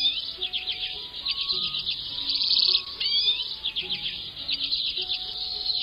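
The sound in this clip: Common Redpoll calls: a continuous high twittering chatter of many dry, buzzy notes.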